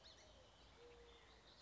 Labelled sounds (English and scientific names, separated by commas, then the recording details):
Mourning Dove (Zenaida macroura)
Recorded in Sonoma County, California